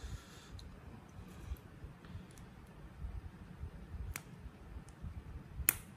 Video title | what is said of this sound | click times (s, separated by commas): WAJIB COBA !!! Unboxing & rakit Blokees Champion Class Saint Seiya ( SCORPIO MILO ) | Oke, sampai bunyi klek gitu, Guys, ya. Bunyi klik lah. | 5.7 s